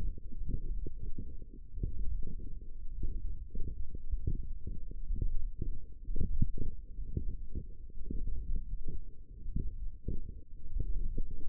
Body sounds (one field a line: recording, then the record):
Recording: forearm muscle sounds (acoustic myography)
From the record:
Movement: hook grip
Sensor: system 1, eight BSWA MPA416 microphones around the upper forearm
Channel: 5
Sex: female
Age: 21 years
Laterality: right